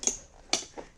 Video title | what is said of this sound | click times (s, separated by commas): Comparison Between Britax Clicktight Car Seats - Marathon, Boulevard, Advocate | Personally I like to go two clicks to make sure it's tight enough. | 0.1 s, 0.5 s